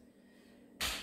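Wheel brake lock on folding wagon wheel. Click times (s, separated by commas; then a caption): 0.8 s. A wheel brake lock on a TMZ folding wagon wheel is worked by hand. After a quiet stretch of low background hum, a single sharp, bright click bursts out at 0.8 s and fades over about two tenths of a second. The wheel lock engages.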